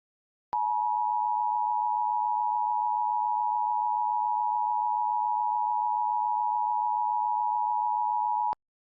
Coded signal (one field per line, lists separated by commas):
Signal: Emergency Alert System (SAME) tones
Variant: 853 and 960 Hz attention tone